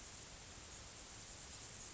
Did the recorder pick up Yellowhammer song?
no